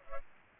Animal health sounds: mosquito wingbeat signal from an infrared sensor; Culex pipiens

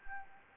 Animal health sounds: mosquito wingbeat signal from an infrared sensor; Anopheles gambiae

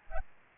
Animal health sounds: mosquito wingbeat signal from an infrared sensor; Aedes albopictus

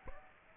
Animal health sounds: mosquito wingbeat signal from an infrared sensor; Aedes aegypti

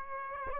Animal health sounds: mosquito wingbeat signal from an infrared sensor; Aedes aegypti

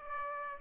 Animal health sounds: mosquito wingbeat signal from an infrared sensor; Aedes aegypti

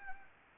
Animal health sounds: mosquito wingbeat signal from an infrared sensor; Anopheles arabiensis

